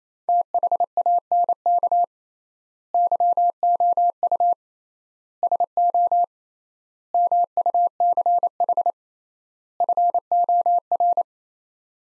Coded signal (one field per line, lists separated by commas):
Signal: Morse code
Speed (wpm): 28 wpm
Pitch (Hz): 700 Hz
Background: none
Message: THANK YOU SO MUCH FOR